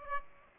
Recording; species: mosquito wingbeat signal from an infrared sensor; Aedes aegypti